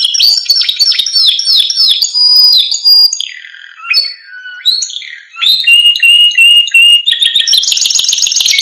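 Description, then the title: Canary song in quick succession: looping chirps, a short dip to lower notes, then a steady whistled trill shifting into a high rapid rattle. Canary singing continuously with a full range of varied phrases; a tutor recording for training lovebirds, white-rumped shamas, canaries and leafbirds. "Masteran Kenari Gacor Full Isian Untuk Lovebird, Murai Batu, Kenari, Cucak Ijo"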